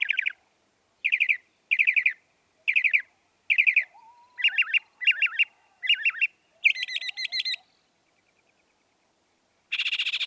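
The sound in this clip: Northern mockingbird song: a series of repeated buzzy phrases about once a second, shifting to chattering variations, a brief pause, then a dense harsh rattle.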